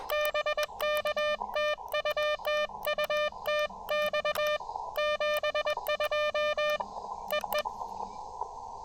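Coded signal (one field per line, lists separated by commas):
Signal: Morse code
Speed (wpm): 21 wpm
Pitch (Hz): 590 Hz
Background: none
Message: BK TU TU TX 72 EE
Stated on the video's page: QRP CW park activation at 5 watts, sent with paddles on an Elecraft KX2 into a Packtenna Mini end-fed half-wave antenna.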